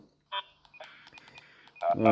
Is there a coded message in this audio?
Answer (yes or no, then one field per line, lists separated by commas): no